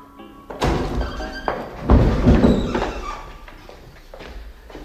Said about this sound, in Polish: Wybiegłem z pokoju, zatrzaskując za sobą drzwi.